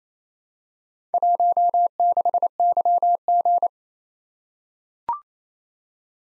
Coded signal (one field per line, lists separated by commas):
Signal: Morse code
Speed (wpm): 28 wpm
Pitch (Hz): 700 Hz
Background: none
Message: 16YG